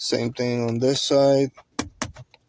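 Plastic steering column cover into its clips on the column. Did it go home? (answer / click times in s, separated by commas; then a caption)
yes / 1.8 s, 2.0 s. A plastic steering column trim cover on a 2013 Hyundai Azera, being refitted during an ignition switch replacement, is pressed by hand on its second side into its clips on the column. Someone talks, then two sharp snaps are heard at 1.8 s and 2.0 s, followed by a few faint ticks. The clips have snapped in, the gap is closed, and the cover is seated.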